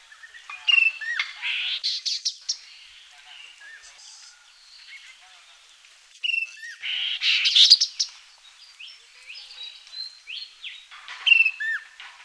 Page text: Chestnut-Capped Babbler Calls. Quick Sounds